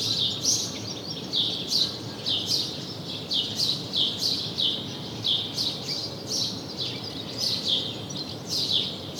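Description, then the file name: House sparrow chirping, a steady run of bright chirps. "Passer domesticus"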